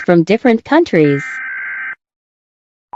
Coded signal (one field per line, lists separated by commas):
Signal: Emergency Alert System (SAME) tones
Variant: header bursts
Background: speech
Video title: Rating EAS alarms